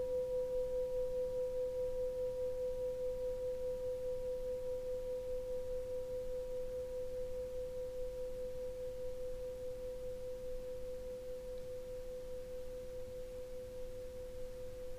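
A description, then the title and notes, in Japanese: A singing bowl holds one long, pure ringing tone with a faint higher overtone, steady throughout and slowly fading over a low rumbling hum. ネパールに赴き、選び抜いた仏教法具、ドニパトロ（シンギング・ボール）の、ひかりの輪本部・第２道場神殿での生録音版ＣＤです。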